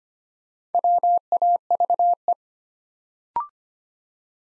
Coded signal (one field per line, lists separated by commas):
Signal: Morse code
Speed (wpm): 25 wpm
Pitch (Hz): 700 Hz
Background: none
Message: WAVE